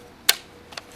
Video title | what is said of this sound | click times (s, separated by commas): Winchester 1977XS Air Rifle and Daisy SplatterBlast Targets Overview | is right here, and it does really snap into place, as you can see, which is nice because, | 0.3 s